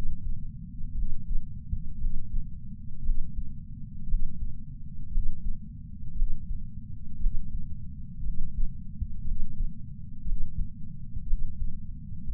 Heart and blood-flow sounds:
heart sounds by patch sensor on the chest; 58 bpm
0.93 s: heartbeat
1.96 s: heartbeat
3.01 s: heartbeat
4.05 s: heartbeat
5.09 s: heartbeat
6.13 s: heartbeat
7.17 s: heartbeat
8.21 s: heartbeat
9.22 s: heartbeat
10.23 s: heartbeat
11.24 s: heartbeat
12.25 s: heartbeat
From the record:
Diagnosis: coronary artery disease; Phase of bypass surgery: postoperative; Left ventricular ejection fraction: 61.7%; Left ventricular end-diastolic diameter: 51 mm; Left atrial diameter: 37 mm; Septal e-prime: 6.5 cm/s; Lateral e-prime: 9.2 cm/s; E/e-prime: 11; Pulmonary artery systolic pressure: 22 mmHg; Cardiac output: 4.8 L/min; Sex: male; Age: 59 years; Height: 168 cm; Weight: 81 kg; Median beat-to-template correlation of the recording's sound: 0.85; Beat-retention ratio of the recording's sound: 1.00

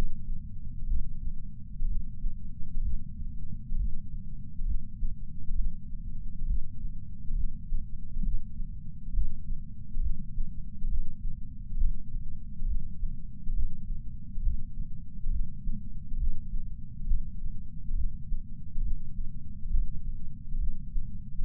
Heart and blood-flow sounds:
heart sounds by patch sensor on the chest; 67 bpm
0.86 s: heartbeat
1.85 s: heartbeat
2.81 s: heartbeat
3.75 s: heartbeat
4.64 s: heartbeat
5.54 s: heartbeat
6.45 s: heartbeat
7.34 s: heartbeat
8.22 s: heartbeat
9.12 s: heartbeat
10.00 s: heartbeat
10.87 s: heartbeat
11.76 s: heartbeat
12.65 s: heartbeat
13.52 s: heartbeat
14.41 s: heartbeat
15.29 s: heartbeat
16.17 s: heartbeat
17.06 s: heartbeat
17.94 s: heartbeat
18.81 s: heartbeat
19.69 s: heartbeat
20.57 s: heartbeat
21.44 s: heartbeat
From the record:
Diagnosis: coronary artery disease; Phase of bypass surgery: postoperative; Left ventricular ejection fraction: 68.2%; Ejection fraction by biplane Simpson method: 62.7%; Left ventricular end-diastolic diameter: 48 mm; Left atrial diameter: 40 mm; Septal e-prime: 8.6 cm/s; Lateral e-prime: 10.2 cm/s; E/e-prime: 10.9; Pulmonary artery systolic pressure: 38 mmHg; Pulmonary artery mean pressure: 18 mmHg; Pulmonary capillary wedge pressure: 11 mmHg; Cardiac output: 6.45 L/min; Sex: male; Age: 57 years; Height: 175 cm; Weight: 80 kg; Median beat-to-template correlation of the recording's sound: 0.76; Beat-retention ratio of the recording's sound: 0.99

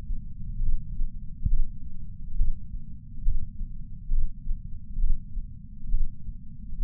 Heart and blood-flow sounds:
heart sounds by patch sensor on the chest; 68 bpm
0.62 s: heartbeat
1.48 s: heartbeat
2.36 s: heartbeat
3.23 s: heartbeat
4.12 s: heartbeat
4.99 s: heartbeat
5.89 s: heartbeat
6.80 s: heartbeat
From the record:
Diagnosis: coronary artery disease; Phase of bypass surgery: preoperative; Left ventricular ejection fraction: 58.9%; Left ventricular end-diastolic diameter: 51 mm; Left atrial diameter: 51 mm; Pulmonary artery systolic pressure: 40 mmHg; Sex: male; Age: 73 years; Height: 170 cm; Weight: 85 kg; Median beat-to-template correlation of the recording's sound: 0.81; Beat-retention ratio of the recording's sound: 0.95

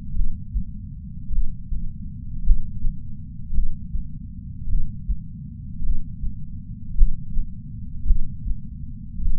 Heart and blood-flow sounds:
heart sounds by patch sensor on the chest; 53 bpm
0.13 s: heartbeat
1.29 s: heartbeat
2.43 s: heartbeat
3.52 s: heartbeat
4.66 s: heartbeat
5.81 s: heartbeat
6.95 s: heartbeat
8.04 s: heartbeat
9.18 s: heartbeat
From the record:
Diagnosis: coronary artery disease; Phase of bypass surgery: postoperative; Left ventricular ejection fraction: 51.3%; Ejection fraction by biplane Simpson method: 50.8%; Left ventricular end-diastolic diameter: 53 mm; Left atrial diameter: 44 mm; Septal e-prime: 5.6 cm/s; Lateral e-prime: 9.8 cm/s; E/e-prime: 14.5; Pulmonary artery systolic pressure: 20 mmHg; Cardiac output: 6.3 L/min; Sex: male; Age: 70 years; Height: 165 cm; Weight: 70 kg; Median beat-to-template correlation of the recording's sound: 0.86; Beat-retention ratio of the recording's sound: 1.00

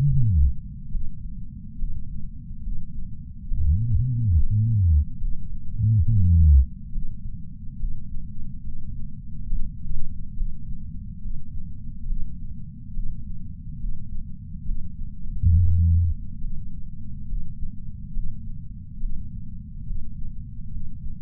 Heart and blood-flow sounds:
heart sounds by patch sensor on the chest; 70 bpm
0.05 s: heartbeat
0.90 s: heartbeat
1.77 s: heartbeat
2.62 s: heartbeat
3.47 s: heartbeat
4.32 s: heartbeat
5.19 s: heartbeat
6.05 s: heartbeat
6.91 s: heartbeat
7.78 s: heartbeat
8.62 s: heartbeat
9.48 s: heartbeat
10.35 s: heartbeat
11.20 s: heartbeat
12.06 s: heartbeat
12.92 s: heartbeat
13.79 s: heartbeat
14.64 s: heartbeat
15.52 s: heartbeat
16.39 s: heartbeat
17.27 s: heartbeat
18.12 s: heartbeat
18.99 s: heartbeat
19.85 s: heartbeat
20.70 s: heartbeat
From the record:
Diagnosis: coronary artery disease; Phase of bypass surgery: preoperative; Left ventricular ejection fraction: 61.7%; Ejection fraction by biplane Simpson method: 55%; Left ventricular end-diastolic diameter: 51 mm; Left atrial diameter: 36 mm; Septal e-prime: 7.9 cm/s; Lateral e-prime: 10.3 cm/s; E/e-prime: 9.8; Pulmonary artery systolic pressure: 23 mmHg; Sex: male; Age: 58 years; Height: 160 cm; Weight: 70 kg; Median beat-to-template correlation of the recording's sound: 0.83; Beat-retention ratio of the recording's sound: 0.99

